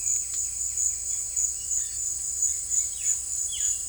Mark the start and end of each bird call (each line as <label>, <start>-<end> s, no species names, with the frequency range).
bird call (1.1-4.1 kHz), 0.00-3.75 s